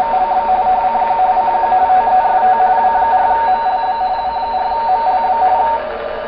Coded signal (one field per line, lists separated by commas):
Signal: RTTY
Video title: Tecsun PL-660: RTTY 14.090 W4MLB PLATINUM COAST AMATEUR RADIO SOCIETY